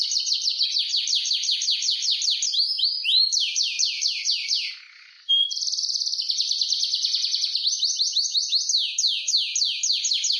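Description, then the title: Atlantic canary singing fast, rolling trills of repeated high notes, switching between phrases, with a brief pause in the middle before the trilling resumes. "Kenari"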